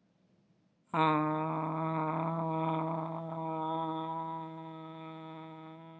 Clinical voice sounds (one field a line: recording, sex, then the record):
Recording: sustained vowel /a/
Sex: female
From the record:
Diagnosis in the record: healthy control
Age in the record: 68 years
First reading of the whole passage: 56 s, 9.3 characters per second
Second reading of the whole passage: 53 s, 9.8 characters per second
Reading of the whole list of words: 52 s, 5.4 characters per second